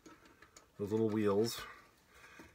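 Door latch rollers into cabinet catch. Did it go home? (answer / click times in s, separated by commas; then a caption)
yes / 0.4 s, 0.6 s. A newly fitted roller latch on a sleeper cabinet door, with a knob, is worked onto its catch, and its little wheels click onto the catch at 0.4 s and 0.6 s. The latch is seated on the catch. Someone talks afterwards.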